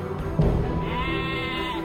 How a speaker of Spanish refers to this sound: Mira. Una oveja agoniza apartada del grupo.